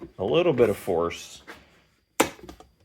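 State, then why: Released. Someone talks, then the latch on a plastic storage bin lid is pulled open with some force, giving a sharp snap at 2.2 s, followed by a few faint clicks. The lid comes unlatched.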